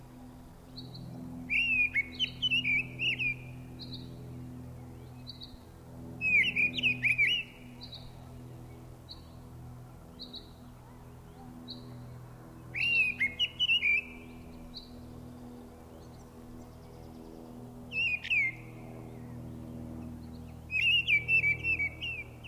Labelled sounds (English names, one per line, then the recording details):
Mistle Thrush song
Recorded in the wild
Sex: male
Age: adult
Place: Erlangen, Bayern, DE
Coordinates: 49.6086, 10.9697
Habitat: forest
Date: 1962-05-11 18:45
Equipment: Stellavox SM 5, Original, Vollspur
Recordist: Tretzel, Erwin
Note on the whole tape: Erlangen, Mönau, Waldgebiet. Männchen: Gesang (Baumaufnahme - hochgestelltes Mikrofon)